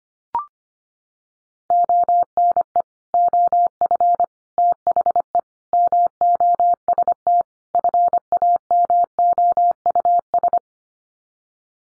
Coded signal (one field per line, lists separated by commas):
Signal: Morse code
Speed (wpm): 25 wpm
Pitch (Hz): 700 Hz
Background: none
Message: ONE OF THE MOST FAMOUS